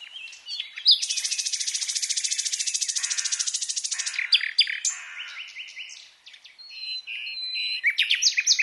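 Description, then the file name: Common nightingale song opening with a loud, fast buzzy rattle of about three seconds, then varied whistled and chirping phrases. "Luscinia megarhynchos"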